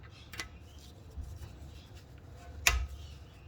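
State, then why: Seated. A rear brake pad wear sensor on a 2005 BMW 320i E90 is pushed into the inner brake pad's steel backing plate. After a couple of faint ticks around 0.3–0.4 s, one sharp loud click lands at 2.7 s as the sensor seats into place.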